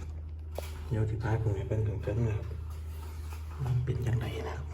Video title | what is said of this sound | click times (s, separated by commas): ง้ายๆ ล้างแอร์ด้วยตัวเอง มิตซูบิซิ เฮฟวี่ อินดัสตรี่ส์ Mitsubishi Air | เข้าล็อกเดี๋ยว | 0.6 s